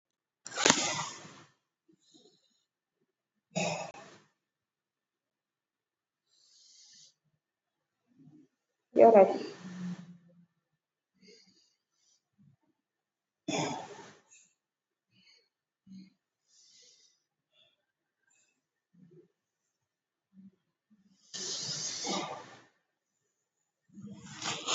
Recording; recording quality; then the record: deep breathing; excellent, no background noise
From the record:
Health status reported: COVID-19 positive, mild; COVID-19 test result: positive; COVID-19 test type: RT-PCR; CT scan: not taken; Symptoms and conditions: cough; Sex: male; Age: 33 years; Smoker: no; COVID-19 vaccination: one dose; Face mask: not worn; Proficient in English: yes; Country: India